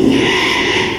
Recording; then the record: squeal of a Yucatan mini pig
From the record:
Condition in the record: after surgery on the right vocal fold (resection and tissue-engineered implant); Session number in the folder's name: 1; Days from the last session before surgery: 6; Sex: male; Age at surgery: 12 weeks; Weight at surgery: 13 kg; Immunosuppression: cyclosporine, prednisolone